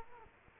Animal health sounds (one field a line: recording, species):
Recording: mosquito wingbeat signal from an infrared sensor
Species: Culex quinquefasciatus